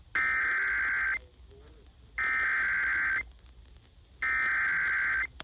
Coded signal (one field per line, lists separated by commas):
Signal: Emergency Alert System (SAME) tones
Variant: header bursts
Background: speech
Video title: SVR on WCJZ (EAS #69)